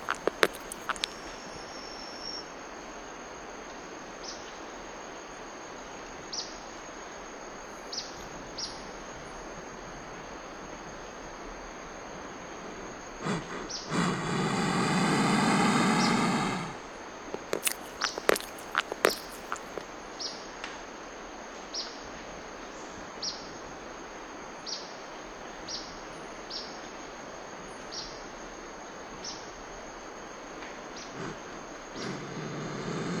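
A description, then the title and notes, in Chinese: Jungle ambience with a steady high insect drone, scattered bird chirps, and a louder rushing burst around fifteen seconds before quiet returns. 丛林里的声音_来自于洪都拉斯李奥普拉若生态自然保护区。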